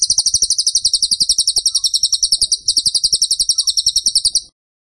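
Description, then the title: Bird song with high, piercing chirps delivered in a rapid, steady stream, briefly softening midway, lasting around four and a half seconds. Masteran (training) recording of a bird singing actively (gacor) with tembakan phrases. "Masteran Burung Tembakan Gacor"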